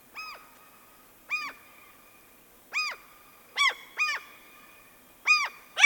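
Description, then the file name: Gull calls: seven loud, harsh arched yelps given at irregular intervals, with a faint steady tone underneath. Flock of seagulls passing. "Digiffects Sound Effects Library - Flock of Seagulls Passing"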